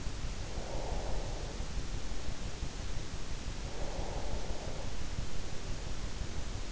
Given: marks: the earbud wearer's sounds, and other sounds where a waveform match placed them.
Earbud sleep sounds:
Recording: sounds in sleep by an in-ear microphone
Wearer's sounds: breath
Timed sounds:
0.38-1.90 s: breath
3.68-5.33 s: breath

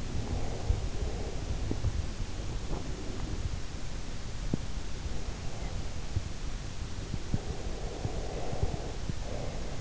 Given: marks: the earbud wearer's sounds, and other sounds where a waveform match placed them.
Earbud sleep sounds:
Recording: sounds in sleep by an in-ear microphone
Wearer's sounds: breath, teeth grinding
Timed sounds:
0.13-1.43 s: breath
1.66-1.85 s: teeth grinding
2.25-3.38 s: breath
4.39-4.68 s: teeth grinding
7.25-9.81 s: breath

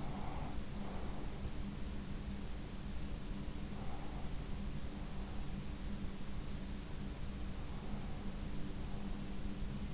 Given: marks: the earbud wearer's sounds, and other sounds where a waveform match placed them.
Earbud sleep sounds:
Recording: sounds in sleep by an in-ear microphone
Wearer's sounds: breath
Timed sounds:
0.00-1.51 s: breath

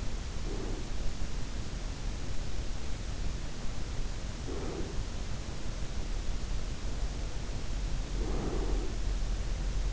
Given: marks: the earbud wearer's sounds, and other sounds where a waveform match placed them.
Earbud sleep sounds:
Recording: sounds in sleep by an in-ear microphone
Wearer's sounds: breath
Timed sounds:
0.00-1.21 s: breath
3.74-5.24 s: breath
8.01-8.99 s: breath

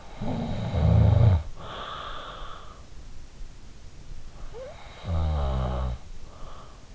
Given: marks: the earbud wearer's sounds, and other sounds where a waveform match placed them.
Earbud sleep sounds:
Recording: sounds in sleep by an in-ear microphone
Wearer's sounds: snoring breath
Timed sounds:
0.00-3.08 s: snoring breath
4.34-6.68 s: snoring breath

